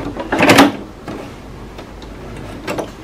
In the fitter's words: push it all the way in until you hear a click